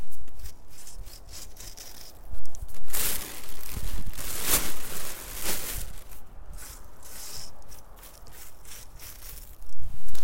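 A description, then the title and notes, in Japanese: Plastic bag rustling as dried daikon strips are gathered off a drying rack into the bag. Crinkly, irregular bursts of rustle come and go, with louder crunching swells around three, four and a half, and five and a half seconds, and again near the end. 袋ガサ音 切り干し大根 干し台から回収。千切り大根が寒風にさらされ、カラカラに乾燥して切り干し大根の完成です！周りは冬枯れの畑。干し台から袋に回収します。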